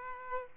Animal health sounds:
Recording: mosquito wingbeat signal from an infrared sensor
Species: Aedes aegypti

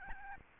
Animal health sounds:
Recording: mosquito wingbeat signal from an infrared sensor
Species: Aedes albopictus

